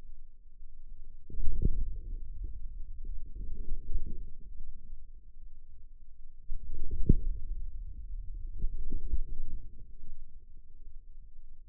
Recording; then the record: forearm muscle sounds (acoustic myography)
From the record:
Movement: inward rotation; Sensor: system 2, bracelet of six BSWA MPA416 microphones around the upper forearm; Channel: 2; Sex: male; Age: 22 years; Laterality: right